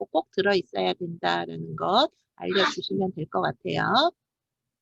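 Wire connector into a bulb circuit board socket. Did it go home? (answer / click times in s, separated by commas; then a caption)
no / none. A wire connector for a classroom science kit is handled, held by its hook-shaped part, for pushing into the hole underneath on a bulb circuit board socket. Someone talks throughout, and no click is heard. Nothing has seated or clicked yet.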